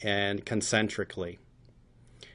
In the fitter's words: this part must snap in place and please note to fit it should fit very nicely